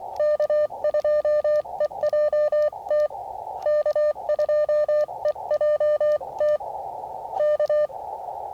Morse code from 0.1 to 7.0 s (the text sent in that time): K2EJT K2EJT